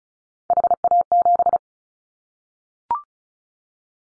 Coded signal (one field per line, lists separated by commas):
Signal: Morse code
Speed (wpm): 34 wpm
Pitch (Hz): 700 Hz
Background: none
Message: HA7